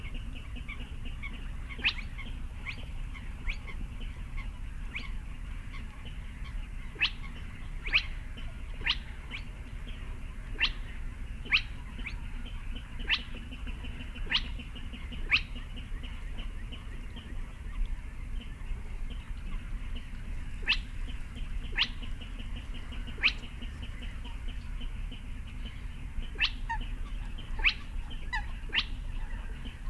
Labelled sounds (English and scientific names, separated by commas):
Spotted Crake (Porzana porzana)